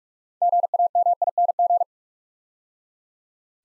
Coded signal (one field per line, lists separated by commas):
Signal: Morse code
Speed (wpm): 44 wpm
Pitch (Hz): 700 Hz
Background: none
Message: GAMING